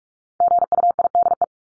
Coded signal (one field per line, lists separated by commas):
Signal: Morse code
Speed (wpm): 44 wpm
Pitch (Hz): 700 Hz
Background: none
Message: GUIDE